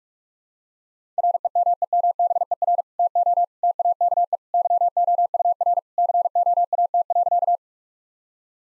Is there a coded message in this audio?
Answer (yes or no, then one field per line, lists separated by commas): yes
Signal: Morse code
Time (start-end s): 1.2-7.6 s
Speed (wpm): 46 wpm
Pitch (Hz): 700 Hz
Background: none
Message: REMEMBER TO TAKE YOUR COAT.